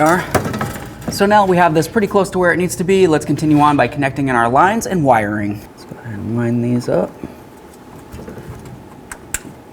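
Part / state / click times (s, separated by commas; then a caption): wiring harness connector into fuel pump module connector / seated / 9.3 s. On a 1992–2000 Chevy Tahoe, the wiring harness connector is lined up and pushed onto the fuel pump/sending unit connector on top of the fuel tank during a fuel tank pressure sensor replacement. Someone talks for most of the clip, then a soft tick at 9.1 s is followed by a sharp plastic click at 9.3 s. The connector clicks in and is seated.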